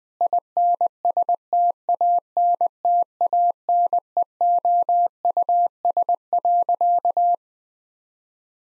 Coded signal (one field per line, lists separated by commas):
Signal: Morse code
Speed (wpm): 20 wpm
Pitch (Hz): 700 Hz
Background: none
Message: INSTANTANEOUS.